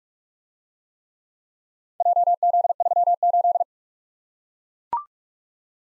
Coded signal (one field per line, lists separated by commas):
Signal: Morse code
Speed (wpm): 42 wpm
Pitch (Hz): 700 Hz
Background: none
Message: JZ38